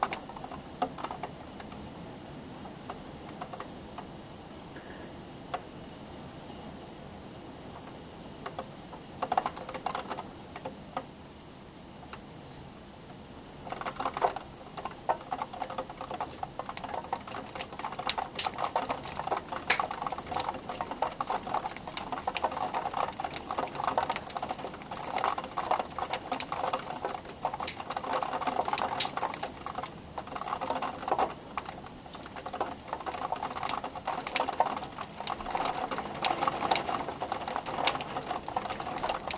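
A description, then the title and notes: Rain patters in a crackling stream of small ticks and drips. The first dozen seconds are quieter and sparser, then around fourteen seconds the fall thickens into a steady, busier clatter that holds to the end, with a faint low rumble underneath. Rainsounds.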